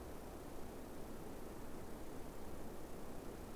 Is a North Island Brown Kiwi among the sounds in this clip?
no